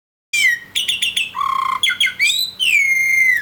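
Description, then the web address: Bird calls, a loud varied string of squawks, sharp clipped notes and whistled slurs, including a low steady tone and a long descending whistle at the end. "Chika Pengusir-Hama-Burung-Otomatis. dataset bird"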